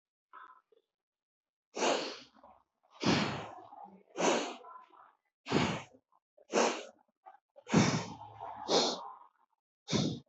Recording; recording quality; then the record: deep breathing; excellent, no background noise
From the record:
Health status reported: respiratory illness, not identified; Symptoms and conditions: asthma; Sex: male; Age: 21 years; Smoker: not ticked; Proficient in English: yes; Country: India